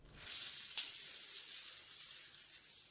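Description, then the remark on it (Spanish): A steady, hissing rush of shower water runs for the whole stretch, even and unbroken, with one brief sharp click partway through and no voices. “No te quedes 2 horas cantando bajo la ducha.”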